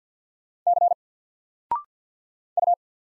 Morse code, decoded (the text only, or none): C U